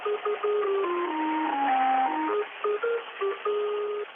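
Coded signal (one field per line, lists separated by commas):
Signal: numbers station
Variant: Lincolnshire Poacher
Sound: a simple electronic folk melody of steady stepping notes over radio hiss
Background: radio static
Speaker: well there it is the Lincolnshire poacher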